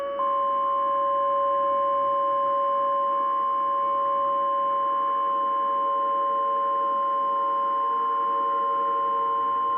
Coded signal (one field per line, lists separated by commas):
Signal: Emergency Alert System (SAME) tones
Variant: 853 and 960 Hz attention tone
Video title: EAS Mock - Coastal Warning